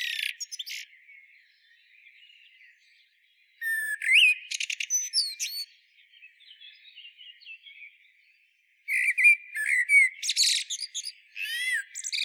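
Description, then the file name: Eurasian blackbird song in three bursts of fluty whistles and rapid, thin, high-pitched twittering, with quiet gaps between phrases. "Turdus merula"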